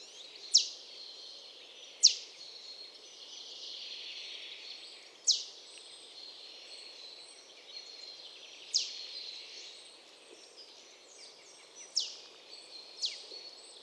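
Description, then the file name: Marsh tit calling with crisp, abrupt high notes that drop quickly in pitch, spaced irregularly a second or a few seconds apart, against faint chattering and hiss. "Poecile palustris"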